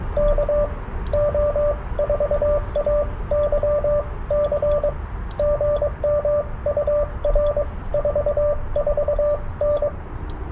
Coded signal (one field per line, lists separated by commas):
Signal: Morse code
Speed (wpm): 21 wpm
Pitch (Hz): 590 Hz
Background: radio noise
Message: KO4AYC GM UR 44N